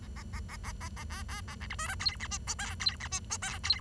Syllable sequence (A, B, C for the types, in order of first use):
A A A A A A A B B A C D E F G H I J K G H I J K G